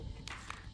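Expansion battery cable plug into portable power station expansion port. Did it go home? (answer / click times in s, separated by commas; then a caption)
yes / 0.3 s. An expansion battery cable plug for a Bluetti B320 expansion battery is pushed into the expansion port of a Bluetti AC200MAX portable power station, then flipped or pressed to lock it. A sharp, short click at 0.3 s marks the connector locking in, followed by a second short hit at 0.5 s over a low background hum. The connector is seated and locked.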